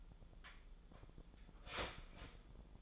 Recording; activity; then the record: daily activity, microphone in the room; start toaster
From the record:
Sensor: 5